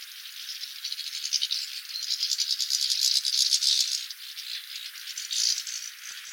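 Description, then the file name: European goldfinch calls as a dense, buzzy twittering chatter of rapid scratchy notes, swelling louder in the middle and again near the end, with no other clear sounds. "Carduelis carduelis"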